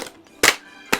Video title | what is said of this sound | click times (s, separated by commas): Star Wars The Last Jedi - Jedi Knight Lightsaber Review - Blade builders Build your own lightsaber | oh that makes me feel so much better that it locks in place I thought it didn't | 0.9 s